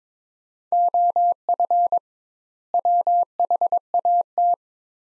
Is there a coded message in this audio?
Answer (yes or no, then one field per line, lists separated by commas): yes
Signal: Morse code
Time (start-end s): 0.7-4.5 s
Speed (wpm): 21 wpm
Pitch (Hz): 700 Hz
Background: none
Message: OF WHAT